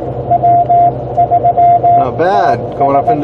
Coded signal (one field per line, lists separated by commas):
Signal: Morse code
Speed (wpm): 18 wpm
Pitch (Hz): 700 Hz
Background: speech, radio noise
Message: W3TS